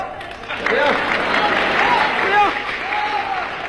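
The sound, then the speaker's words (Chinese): A burst of audience applause, given as the audience judges whether a performer has recited a tongue twister, starts after a brief pause and holds steady and fairly loud to the end, with voices heard over the clapping. “说上来，你的鼓掌，我可收徒弟啊。”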